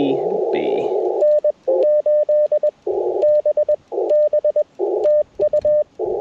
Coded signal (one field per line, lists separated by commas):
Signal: Morse code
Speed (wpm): 21 wpm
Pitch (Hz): 600 Hz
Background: radio noise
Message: N8BB TU